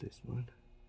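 A flex cable connector is being handled over its socket on a Google Pixel 6 / 6 Pro logic board during a screen replacement, while someone talks briefly. No click is heard, and nothing has seated yet.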